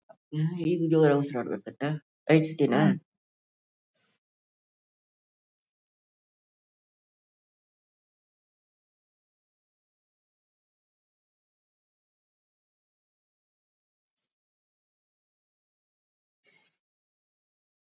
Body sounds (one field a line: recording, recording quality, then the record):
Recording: deep breathing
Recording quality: poor, much background noise or distortion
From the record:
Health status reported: COVID-19 positive, moderate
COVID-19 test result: positive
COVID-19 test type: RT-PCR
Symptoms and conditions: cough, fever, fatigue, hypertension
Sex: female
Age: 71 years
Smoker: no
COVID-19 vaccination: both doses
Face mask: worn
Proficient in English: no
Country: India